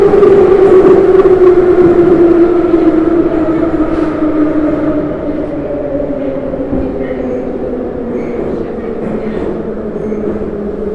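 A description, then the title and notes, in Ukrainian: Inside a subway car, a steady low rumble carries a humming whine that slowly drops in pitch as the train decelerates, with faint rattles. У вагоні потягу метро.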